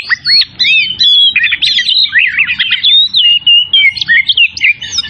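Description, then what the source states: Oriental magpie-robin in brisk continuous song, twisting whistled notes rising and falling with chattering bits between, over a soft low hum. Kacer from Tretes singing vigorously in the style called gacor.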